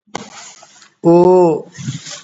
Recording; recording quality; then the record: sustained vowel as in boot; excellent, no background noise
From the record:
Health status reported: COVID-19 positive, mild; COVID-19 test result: positive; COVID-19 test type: RT-PCR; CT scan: not taken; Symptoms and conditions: cough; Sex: male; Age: 33 years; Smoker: no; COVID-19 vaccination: one dose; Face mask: not worn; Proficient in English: yes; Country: India